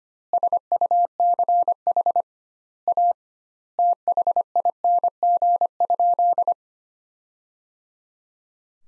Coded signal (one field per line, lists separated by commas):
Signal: Morse code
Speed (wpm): 25 wpm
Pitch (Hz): 700 Hz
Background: none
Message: SUCH A THING?